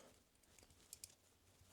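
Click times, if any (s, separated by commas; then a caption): 0.9 s. A fold-out tool component is pushed back into a metal multitool body and locks in place. Small sharp clicks sound as it latches, with the main click at 0.9 s and another close after at about 1.0 s, plus fainter ticks near 0.6 s and 1.7 s. The component ends seated and locked.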